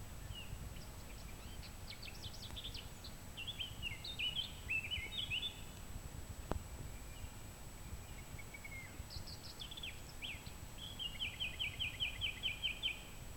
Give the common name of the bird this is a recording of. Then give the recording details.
Eurasian Blackcap. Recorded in the wild. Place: SI. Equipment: Hornyphon Bandgerät, Phillips Mikrofon Type EL 6020. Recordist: Brunner, Thomas